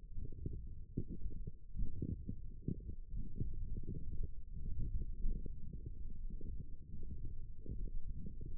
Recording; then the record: forearm muscle sounds (acoustic myography)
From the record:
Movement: forearm supination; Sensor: system 1, eight BSWA MPA416 microphones around the upper forearm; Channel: 4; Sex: male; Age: 21 years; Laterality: right